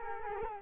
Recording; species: mosquito wingbeat signal from an infrared sensor; Culex quinquefasciatus